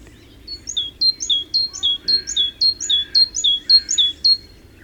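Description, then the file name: Great tit singing a quick, regular series of paired notes, high then lower, many phrases in a row over a quiet background. "Parus major"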